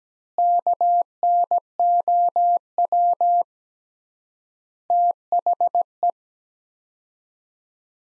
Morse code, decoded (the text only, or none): KNOW THE